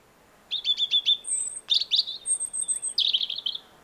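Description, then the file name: European robin song: a quick series of high, thin twittering notes followed by sweeping whistles and a brief high squeaky trill, all in a single tumbling phrase. "Erithacus rubecula"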